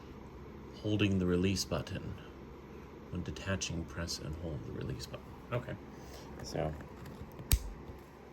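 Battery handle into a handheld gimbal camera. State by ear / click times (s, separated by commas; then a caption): seated / 7.5 s. Someone talks while a battery handle is pushed into the base of a DJI Osmo Pocket 3 handheld gimbal camera without holding the release button. One sharp, fast-decaying click sounds at 7.5 seconds as the handle seats solidly in the camera.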